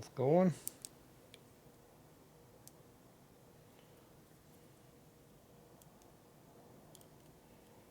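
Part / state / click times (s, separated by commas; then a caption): small retaining parts pressed into a motorcycle transmission/primary assembly / not seated / none. Two small retaining parts are worked together into a belt-drive transmission/primary assembly on a Harley Evolution with an S&S 113ci Evo motor during a repair. Someone talks briefly at the start, followed by a few faint, sharp tick-like handling sounds over quiet background. Nothing has seated or clicked into place yet.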